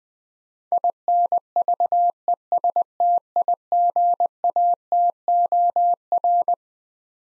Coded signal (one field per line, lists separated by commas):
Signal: Morse code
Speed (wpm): 21 wpm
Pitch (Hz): 700 Hz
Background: none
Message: INVESTIGATOR